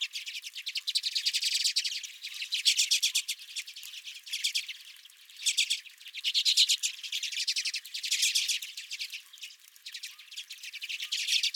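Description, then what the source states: Redpolls keeping up a steady chorus of buzzy, rattling chatter, swelling and fading in waves. Redpolls at the recordist's feeder.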